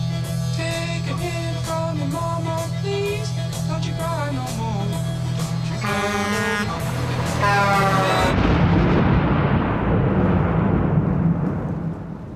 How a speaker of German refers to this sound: Der alte Mann erwachte, er lag in seinem Bett. Ein Donnerschlag hatte ihn geweckt.